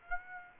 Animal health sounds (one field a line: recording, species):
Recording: mosquito wingbeat signal from an infrared sensor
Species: Aedes aegypti